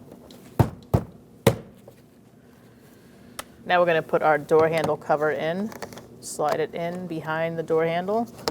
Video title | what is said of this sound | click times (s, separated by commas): How to Replace Front Window Motor & Regulator Assemblies 2004-2012 Chevrolet Colorado | You're going to go in this way on a downward motion and then snap it into place. | 1.5 s